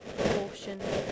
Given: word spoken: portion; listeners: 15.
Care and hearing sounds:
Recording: one English word in noise, from a listening test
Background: noise modulated by three-talker babble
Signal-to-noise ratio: -6.8 dB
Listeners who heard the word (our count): 5 of 15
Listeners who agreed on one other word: 6 of 15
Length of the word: 0.72 s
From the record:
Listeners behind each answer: 6, 5, 1, 1, 1, 1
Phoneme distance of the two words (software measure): 10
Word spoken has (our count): 2 syllables, 4 phonemes, stress on syllable 1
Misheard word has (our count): 2 syllables, 4 phonemes, stress on syllable 1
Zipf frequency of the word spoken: 3.77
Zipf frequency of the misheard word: 3.81

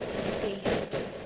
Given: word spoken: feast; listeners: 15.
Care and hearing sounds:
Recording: one English word in noise, from a listening test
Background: noise modulated by three-talker babble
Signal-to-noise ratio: -7.5 dB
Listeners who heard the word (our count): 6 of 15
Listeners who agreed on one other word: 9 of 15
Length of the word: 0.86 s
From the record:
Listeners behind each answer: 9, 6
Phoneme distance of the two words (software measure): 10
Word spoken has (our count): 1 syllable, 4 phonemes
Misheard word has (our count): 1 syllable, 4 phonemes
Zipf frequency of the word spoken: 4.10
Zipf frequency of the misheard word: 4.11

